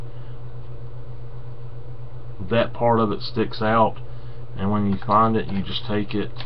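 A charged rechargeable battery is lined up with the open DSLR battery compartment, oriented by looking down inside to find which way it goes, while someone talks over a steady low hum. This stretch is handling only, and the battery has not yet been shoved in or locked into place, so no click is heard.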